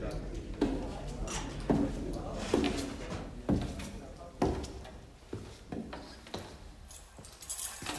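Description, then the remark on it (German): The lock of Badou's door being picked: a string of sharp metallic clicks and scrapes at irregular intervals, with small jangling clinks between them, fairly quiet throughout. “Das Schloss in Badous Tür verdiente kaum diese Bezeichnung.”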